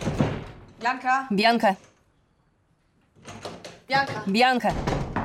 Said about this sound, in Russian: Дергает за ручку двери. Брось, открой дверь. Она заперлась и не открывает.